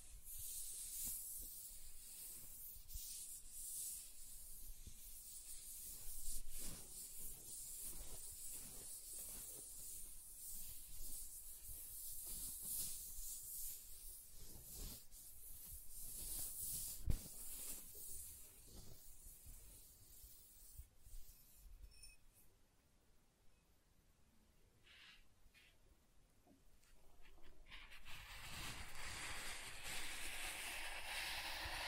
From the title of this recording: Soft Tracing on Smooth and Rough Surfaces